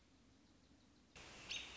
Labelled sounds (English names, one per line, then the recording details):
American Robin
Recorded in Sonoma County, California